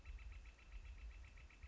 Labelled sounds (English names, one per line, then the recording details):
Northern Flicker
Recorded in Sonoma County, California